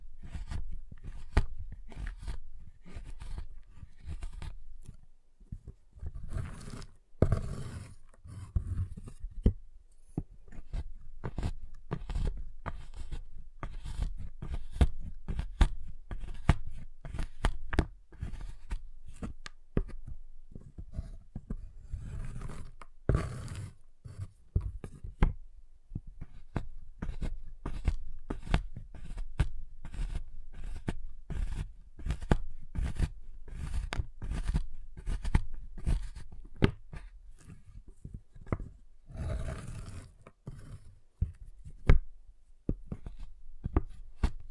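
A giant chocolate bar is tapped, cut and snapped in a dense run of short, crisp clicks and cracks that continues throughout. Sharper, louder breaks stand out around 7, 23 and 39 seconds, with a soft low rumble beneath the taps.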